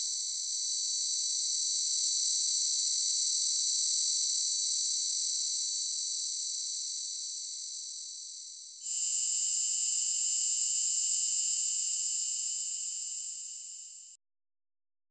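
A cicada buzzes in a steady, dense, high-pitched drone, loud and close. Near the nine-second mark the song shifts abruptly to a slightly different, brighter tone, then holds until it stops cleanly around fourteen seconds, leaving silence.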